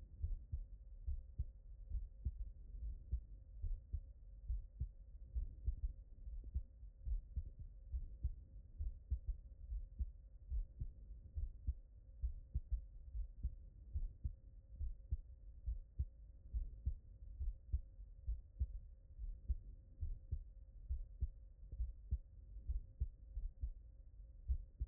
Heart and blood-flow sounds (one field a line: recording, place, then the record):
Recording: heart sounds by stethoscope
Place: tricuspid valve (TV)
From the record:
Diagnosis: non-HFrEF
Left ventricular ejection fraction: 67%